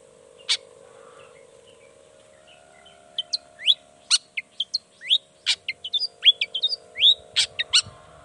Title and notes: Cendet Gacor Dor Di Kala Pagi Toet Toet Variasi Suara. Cendet Gacor Pagi Hari Biangnya Bikin Cendet Manapun Langsung On Nyaut. Burung cendet